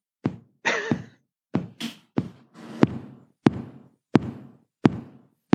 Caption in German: Normales Herz schlägt in einem sogenannten Sinusrhythmus. Weil die Erregung in einer anatomischen Struktur beginnt, die ganz oben kopfnah auf dem Herzen sitzt, dem sogenannten Sinusknoten. Also ganz regelmäßig.